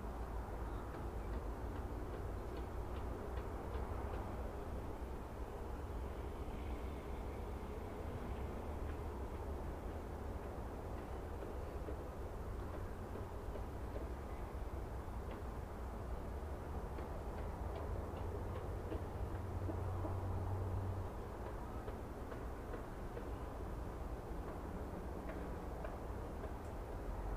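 Steady road noise fills the whole stretch, a dense low rumble of passing vehicles that swells slightly around the twenty-second mark. Faint, brief clicks and taps of construction work sit in the middle range, and the overall level hardly changes.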